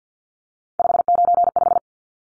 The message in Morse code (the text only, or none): 595